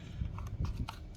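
A breather hose end with its original O-rings is handled at the engine crankcase vent port, and the plastic quick connector is worked back toward it. Short sharp handling noises sound around 0.4, 0.5, 0.7 and 0.9 seconds over a low rumble. Nothing has seated or clicked yet.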